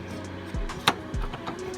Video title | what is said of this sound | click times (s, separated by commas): CV Axle Replacement - 03 Chevy Trailblazer - Easy Fix! | There, it's clicked. | 0.9 s